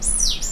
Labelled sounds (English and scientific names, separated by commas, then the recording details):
Stitchbird (Notiomystis cincta) song
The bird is a male
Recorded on Tiritiri Matangi Island, New Zealand, in 2005
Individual 2, of nest box 2